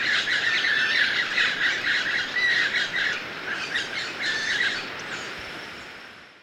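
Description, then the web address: White-breasted parakeet, a steady stream of grating, overlapping screeches, fading toward the end. Recorded in Ecuador. "Birds of Ecuador. White-breasted Parakeet"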